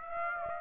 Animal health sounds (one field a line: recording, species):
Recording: mosquito wingbeat signal from an infrared sensor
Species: Aedes aegypti